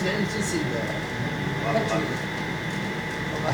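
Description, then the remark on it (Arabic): An air conditioner runs with a steady, even whooshing hum and faint tonal whines, holding constant throughout while indistinct voices murmur beneath it, during a lesson on the tafsir of Surat al-Kahf. “طيب الشباب لو يطفى المكيف الثاني ماذا تصنعون؟ لو المكيف الثاني يخرب تصبرون على لأواء الحر لأجل العلم؟”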